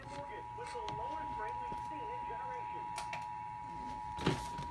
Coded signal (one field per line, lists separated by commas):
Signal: Emergency Alert System (SAME) tones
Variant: 853 and 960 Hz attention tone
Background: speech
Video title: EAS alerts from 10/31/30 - 11/4/20 EAS#343-353